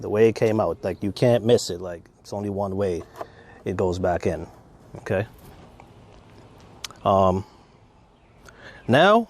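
A Lexus GS350 puddle light lens and housing is slid straight back into its opening under the mirror or door trim, the only way it fits. A sharp snap at 6.9 seconds marks it seating in place while someone talks before and after.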